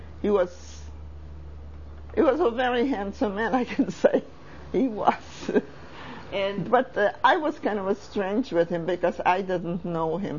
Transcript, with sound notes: he was, he was a very handsome man, I can say, he was. ( she laughs )
And...
But I was kind of a stranger with him, because I didn't know him.